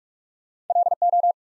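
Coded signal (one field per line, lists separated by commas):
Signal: Morse code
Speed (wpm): 44 wpm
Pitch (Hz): 700 Hz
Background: none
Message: LO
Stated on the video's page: 45 wpm Morse practice building four-letter words one letter at a time, for instant character recognition.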